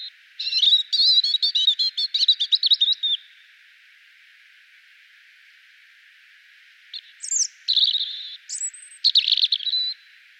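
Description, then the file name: European robin singing a fast twittering phrase, then after a pause a second phrase of high slurred whistles and short warbles. "Erithacus rubecula"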